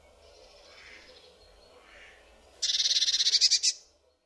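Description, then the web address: Eurasian blue tit song: after faint soft notes, a sudden high, rapid trill of about a dozen sharp, evenly spaced notes lasting roughly one second, then silence. "kurspttk Kurs materiały Przyroda Ptaki MODRASZKA"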